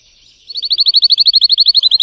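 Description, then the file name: Canary (Spanish Timbrado): canary song: a fast, even roll of bright metallic notes, about a dozen per second, held at one steady pitch after a brief soft lead-in. Spanish Timbrado canary breed singing; the Portuguese source calls it a Belgian canary (canário belga). "canto do canario belga timbrado espanhol"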